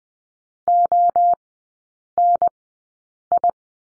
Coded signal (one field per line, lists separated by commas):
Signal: Morse code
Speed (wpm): 20 wpm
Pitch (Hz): 700 Hz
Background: none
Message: ONI